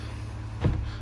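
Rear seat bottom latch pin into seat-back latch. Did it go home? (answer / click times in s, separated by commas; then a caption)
no / none. The rear seat bottom of a 2019 F150 is folded up so its latch pin should catch in the seat-back latch, over a steady low rumble. A soft, dull thump comes at about 0.6 to 0.7 seconds. The latch does not catch, and nothing has seated or clicked.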